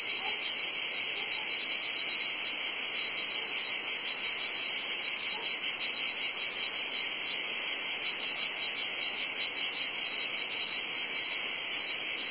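Cicadas in a sustained high-pitched buzz, a constant sizzling sound with a gentle pulsing texture throughout.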